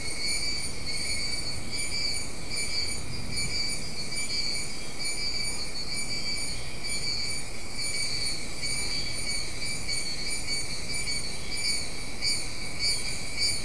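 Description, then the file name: Insects in a steady, unbroken chorus of high shimmering trills in several pitch bands, with a low rumbling noise underneath throughout. "mainly insect"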